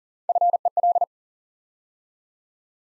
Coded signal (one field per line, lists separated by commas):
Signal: Morse code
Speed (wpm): 39 wpm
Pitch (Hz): 700 Hz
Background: none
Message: FEL